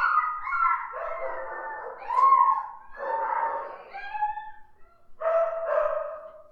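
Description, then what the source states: Dogs whimpering and whining in several drawn-out tonal cries that rise and fall. Dogs barking and whimpering.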